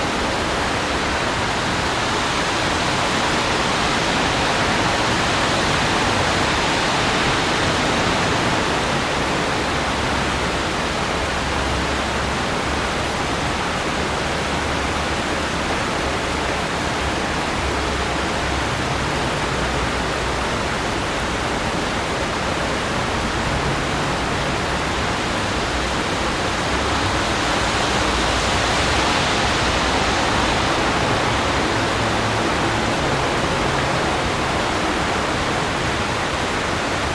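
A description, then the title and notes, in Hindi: Heavy night rain falls over a city in a steady, dense wash that barely changes across the whole stretch. The hiss is full, with a faint low rumble underneath, and the downpour swells slightly near the start and again around the half-minute mark. शहर में वर्षा का तूफान | रातभर की भारी बारिश. इस प्रकरण में, हमने सेंट्रल लंदन में एक निरंतर वर्षा का दृश्य पकड़ लिया है।. यह 10 बजे रात है और बारिश बरस रही है।. बारिश की स्थिर, तालमेल वाली बूँदों.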